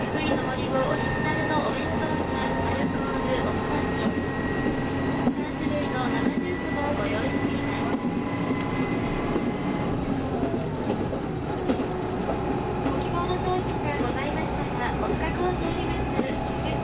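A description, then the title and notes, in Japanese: Running sound aboard the Kiha 72 series Yufuin no Mori train between Yufuin and Ukiha: a dense, steady rumble with a constant drone and faint tonal whines throughout. Murmured voices blend in, and a few soft clicks and knocks surface, one near eight seconds. キハ72系 ゆふいんの森06号01 由布院～うきは。走行音。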